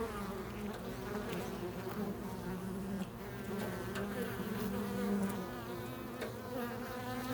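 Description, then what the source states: Buzzing bees, a dense low hum, a little louder near the end. Several bees recorded in a field.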